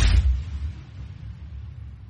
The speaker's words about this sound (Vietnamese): Lão Toàn buông lời thề thốt, còn chưa kịp cười lên một tiếng, thì đột nhiên một tia sét rạch ngang ở trên trời, đã làm lão sợ rụng đứng cả tim luôn.